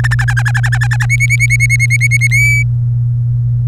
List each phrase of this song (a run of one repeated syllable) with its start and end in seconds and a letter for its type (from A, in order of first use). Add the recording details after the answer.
0.04-0.15 A, 0.19-1.05 B, 1.09-2.27 C, 2.30-2.63 D. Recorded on 24 April 2018 at 17:22. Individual llb3